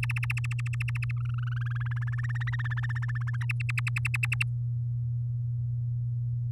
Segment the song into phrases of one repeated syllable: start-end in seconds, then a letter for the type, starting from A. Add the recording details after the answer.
0.03-1.11 A, 1.17-2.50 B, 2.52-3.36 C, 3.41-4.43 D. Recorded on 10 May 2018 at 06:04. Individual llb16